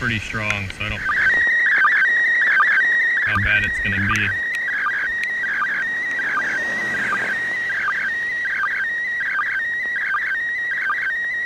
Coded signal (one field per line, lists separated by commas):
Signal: SSTV (slow-scan television)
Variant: PD 180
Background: speech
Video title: ISS SSTV April 2016 Video #1 - Monday Failure and Tuesday Success